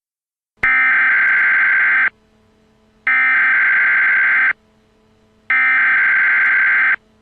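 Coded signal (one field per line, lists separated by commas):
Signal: Emergency Alert System (SAME) tones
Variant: header bursts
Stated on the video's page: Fictional EAS alerts: civil danger warnings for Scranton, PA and national, emergency action notification, emergency action termination and an administrative message.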